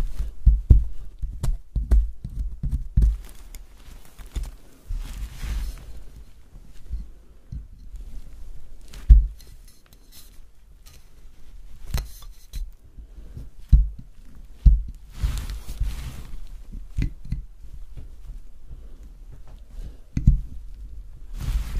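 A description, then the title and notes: Soap being carved, with dry scraping and crisp cutting strokes arriving in short clusters every few seconds. Between them come soft, low thuds and knocks, like the bar being handled on a hard surface. ASMR Soap Carving. Relaxing soap cutting sounds.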